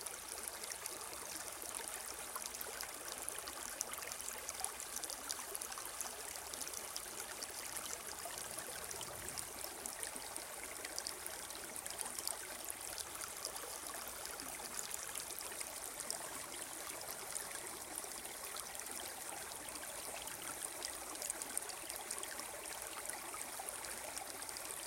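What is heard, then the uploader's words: A river flows steadily, a dense, bright rush of water with fine trickling detail that never lets up. Flowing River in the Morning.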